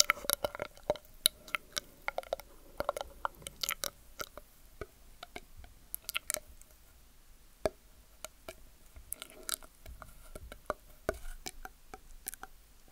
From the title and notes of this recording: ASMR Rare Mouth Sounds.